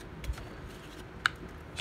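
A plastic conductor plate from a Mercedes-Benz 722.6 automatic transmission is pressed onto the valve body. After faint handling noise, a sharp snap sounds at 1.3 s, and the plate is fully snapped home and seated.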